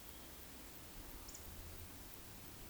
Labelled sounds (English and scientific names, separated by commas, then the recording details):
Eurasian Woodcock (Scolopax rusticola) whistle, Eurasian Woodcock (Scolopax rusticola) croak
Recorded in Baden-Württemberg, Germany, on 13 June 2021 at 19:58 UTC
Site 23718, 552 m above sea level